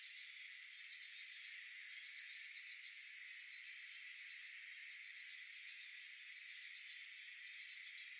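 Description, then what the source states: Mitsukado cricket song: bursts of several rapid, high-pitched pulses separated by short, uneven gaps, against a quiet background. Recorded on 20 September 2022.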